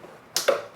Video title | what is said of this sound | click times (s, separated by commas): Ashthorpe C-85 Thinline Electric-Acoustic Guitar- Basic Unboxing, Setup & User Guide For Acoustics | it in until it clicks. | 0.4 s